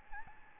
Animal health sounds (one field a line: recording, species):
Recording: mosquito wingbeat signal from an infrared sensor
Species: Aedes albopictus